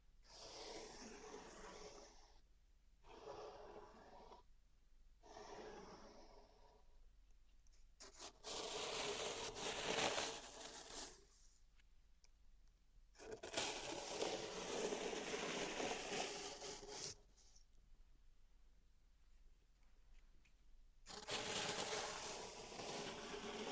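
Pink salt in a zen garden is raked and rubbed in rough, gritty bursts that start and stop every few seconds. Short strokes come first, then longer, louder sweeps near 9, 14 and 22 seconds, separated by near-silent pauses.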